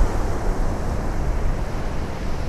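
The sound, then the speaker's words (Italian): Harbor water laps and washes steadily under a constant rush of wind at the small harbor of Al-Kasab in Musandam, a dense low rumble with no pauses or voices, holding an even loudness throughout. “Il porticciolo di Al-Kasab, centro più grande di Musandam, pullula di turisti pronti alla gita in battello.”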